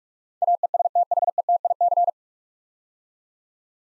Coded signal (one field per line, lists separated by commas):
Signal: Morse code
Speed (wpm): 44 wpm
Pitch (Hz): 700 Hz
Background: none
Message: AESTHETIC